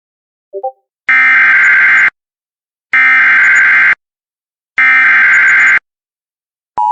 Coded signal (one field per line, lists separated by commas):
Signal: Emergency Alert System (SAME) tones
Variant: header bursts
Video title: EAS Alerts from 10/24/2023